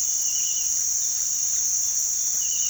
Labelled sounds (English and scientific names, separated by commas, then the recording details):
none
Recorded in pastures near Puerto Asís, Putumayo, Colombia, on 18 February 2024 at 06:30
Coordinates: 0.468, -76.328
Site G6414